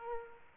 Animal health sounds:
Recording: mosquito wingbeat signal from an infrared sensor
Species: Aedes aegypti

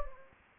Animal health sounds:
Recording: mosquito wingbeat signal from an infrared sensor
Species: Anopheles gambiae

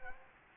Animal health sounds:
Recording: mosquito wingbeat signal from an infrared sensor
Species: Anopheles gambiae

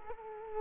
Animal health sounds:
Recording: mosquito wingbeat signal from an infrared sensor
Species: Culex quinquefasciatus

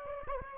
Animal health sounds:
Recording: mosquito wingbeat signal from an infrared sensor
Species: Aedes aegypti

